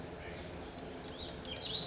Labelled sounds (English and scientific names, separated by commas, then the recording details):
California Towhee (Melozone crissalis)
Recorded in Sonoma County, California